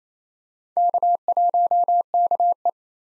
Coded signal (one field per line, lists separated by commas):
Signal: Morse code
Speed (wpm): 27 wpm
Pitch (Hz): 700 Hz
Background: none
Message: K1KE